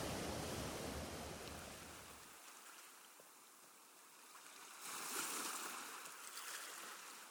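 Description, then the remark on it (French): Steady rushing water washes around a boat approaching the islands and threading between Île d'Entrée and Havre-Aubert, with a low rumble for the first couple of seconds, then a louder hissing surge of a wave breaking midway before settling into continuous spray. “les principales îles apparaissent, on a d'abord l'impression que la première vague un peu forte va les submerger.”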